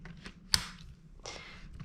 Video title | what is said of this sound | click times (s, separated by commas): Joie Nitro LX vs Joie Nitro Pushchair - BuggyBaby Reviews | push in there you go and click into place so you know it's secure | 0.5 s